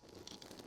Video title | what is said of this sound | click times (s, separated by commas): Boost Auto Running Boards - Lumastep M1 Install Chevy Silverado or GMC Sierra | Make sure they snap in place. Hear that click? | 0.3 s